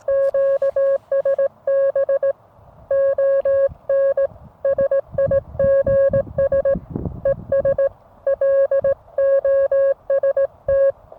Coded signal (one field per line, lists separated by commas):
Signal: Morse code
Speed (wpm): 16 wpm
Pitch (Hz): 550 Hz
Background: music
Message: QSB ON SIGS ES LOST